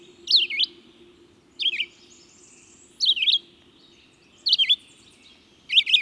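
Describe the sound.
Red-eyed vireo giving choppy, warbled whistled phrases, up and down in pitch, about five phrases in six seconds over a steady low hum.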